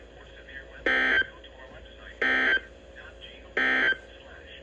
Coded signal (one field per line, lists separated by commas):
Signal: Emergency Alert System (SAME) tones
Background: speech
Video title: EAS 2437-2441 (Five Header)